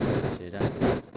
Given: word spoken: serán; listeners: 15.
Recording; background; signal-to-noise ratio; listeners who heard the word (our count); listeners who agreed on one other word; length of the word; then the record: one Spanish word in noise, from a listening test; noise modulated by one talker; -12.9 dB; 5 of 15; 6 of 15; 0.77 s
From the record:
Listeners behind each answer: 6, 5, 2, 1, 1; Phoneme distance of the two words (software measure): 7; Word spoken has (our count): 2 syllables, 5 phonemes, stress on syllable 2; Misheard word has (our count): 2 syllables, 4 phonemes, stress on syllable 2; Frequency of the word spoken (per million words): 114.90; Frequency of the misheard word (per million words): 378.92